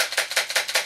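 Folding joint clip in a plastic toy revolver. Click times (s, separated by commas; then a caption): 0.2 s, 0.3 s, 0.4 s, 0.5 s, 0.6 s, 0.8 s. The folding joint of a plastic Gaburevolver toy revolver from Zyuden Sentai Kyoryuger is worked back and forth, giving a rapid series of small, bright plastic clicks at 0.2, 0.3, 0.4, 0.5, 0.6 and 0.8 seconds. The joint's retaining clip clicks but does not hold the part in place, so it flops loosely when swung.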